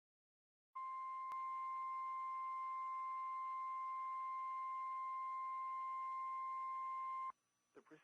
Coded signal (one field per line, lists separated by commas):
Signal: Emergency Alert System (SAME) tones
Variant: 1050 Hz attention tone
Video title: Required Weekly Tests 1/13/2021 (EAS #186-198)